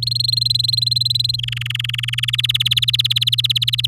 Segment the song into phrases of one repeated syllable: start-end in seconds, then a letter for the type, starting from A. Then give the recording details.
0.02-1.36 A, 1.38-2.36 B, 2.38-3.86 C. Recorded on 9 May 2018 at 08:50. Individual llb16